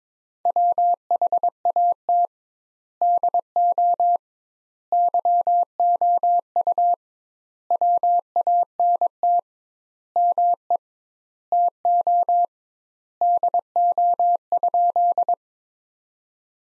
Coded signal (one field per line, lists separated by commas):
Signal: Morse code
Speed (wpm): 23 wpm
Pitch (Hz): 700 Hz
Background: none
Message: WHAT DO YOU WANT ME TO DO?